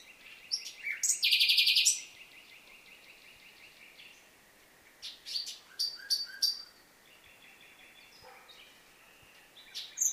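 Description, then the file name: Common nightingale song: a loud buzzy trill opens, followed after a pause by clicks and varied whistled notes, with quieter gaps between phrases. "Luscinia megarhynchos"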